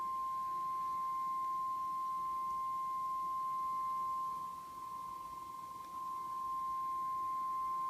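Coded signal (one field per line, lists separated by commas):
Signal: Emergency Alert System (SAME) tones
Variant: 1050 Hz attention tone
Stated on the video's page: Live stream NOAA Weather Radio broadcast from station KIH61, Omaha weather office, severe thunderstorm warning.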